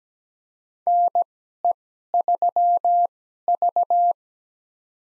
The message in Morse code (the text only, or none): NE3V